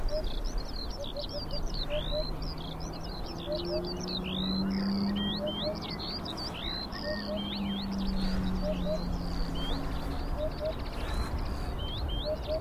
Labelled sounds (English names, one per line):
Eurasian Hoopoe